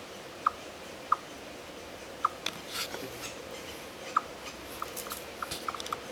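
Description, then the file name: Eastern chipmunk chips, sharp single notes at irregular intervals, joined midway by scratchy rustling and clicking noises that partly cover the later calls. "Tamias striatus"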